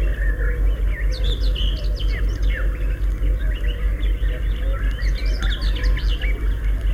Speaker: Это поет серая Славка. Слышите, какая у нее торопливая и щебечущая песенка. Птичка поет ее на лету.